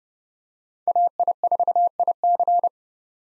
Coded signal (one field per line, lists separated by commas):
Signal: Morse code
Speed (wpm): 30 wpm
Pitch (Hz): 700 Hz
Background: none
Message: AI4IC